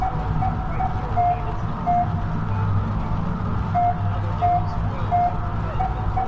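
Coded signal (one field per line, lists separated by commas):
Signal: none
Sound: beeps within background music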